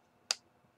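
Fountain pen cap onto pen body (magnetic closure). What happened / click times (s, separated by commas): The small cap snapped shut / 0.3 s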